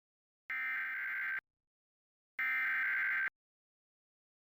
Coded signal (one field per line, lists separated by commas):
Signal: Emergency Alert System (SAME) tones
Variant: header bursts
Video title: Required Weekly Test on KAZD-TV (EAS #619)